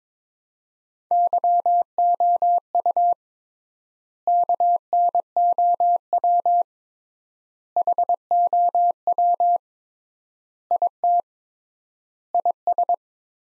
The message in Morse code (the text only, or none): YOU KNOW HOW IT IS